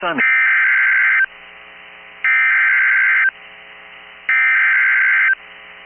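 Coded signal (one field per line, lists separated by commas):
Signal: Emergency Alert System (SAME) tones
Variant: header bursts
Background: speech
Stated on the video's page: NOAA Weather Radio EAS alerts from Big Spring and Fort Worth, Texas transmitters.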